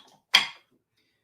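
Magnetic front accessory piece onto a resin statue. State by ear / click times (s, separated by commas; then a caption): seated / 0.3 s. A magnetic front accessory piece, turned the right way round after first being tried backwards, is fitted onto a large resin collectible statue. A strong magnet pulls it home with a single sharp snap at 0.4 s, then the sound quickly fades to silence. The piece is seated in place.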